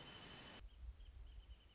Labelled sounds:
Wrentit (Chamaea fasciata)
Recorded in Sonoma County, California

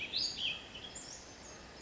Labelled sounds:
Western Tanager (Piranga ludoviciana)
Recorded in Sonoma County, California

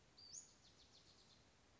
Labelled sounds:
Western Flycatcher (Empidonax difficilis)
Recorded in Sonoma County, California

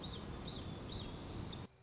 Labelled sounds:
Common Yellowthroat (Geothlypis trichas)
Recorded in Sonoma County, California

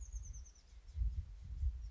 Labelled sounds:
Oak Titmouse (Baeolophus inornatus)
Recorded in Sonoma County, California

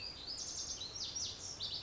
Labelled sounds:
Lazuli Bunting (Passerina amoena)
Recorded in Sonoma County, California

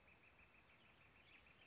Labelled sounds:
Northern Flicker (Colaptes auratus)
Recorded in Sonoma County, California

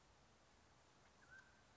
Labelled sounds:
Mountain Quail (Oreortyx pictus)
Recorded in Sonoma County, California

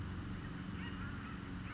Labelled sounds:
Acorn Woodpecker (Melanerpes formicivorus)
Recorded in Sonoma County, California

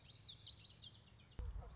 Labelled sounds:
Common Yellowthroat (Geothlypis trichas)
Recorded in Sonoma County, California

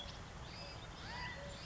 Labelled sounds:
California Quail (Callipepla californica)
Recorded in Sonoma County, California

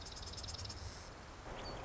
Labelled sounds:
Marsh Wren (Cistothorus palustris)
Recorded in Sonoma County, California

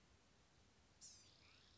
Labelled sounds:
Blue-gray Gnatcatcher (Polioptila caerulea)
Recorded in Sonoma County, California

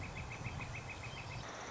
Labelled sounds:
Northern Flicker (Colaptes auratus)
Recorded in Sonoma County, California

